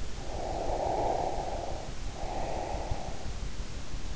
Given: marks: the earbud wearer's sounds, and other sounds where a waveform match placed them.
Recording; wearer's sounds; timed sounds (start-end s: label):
sounds in sleep by an in-ear microphone; breath
0.01-3.56 s: breath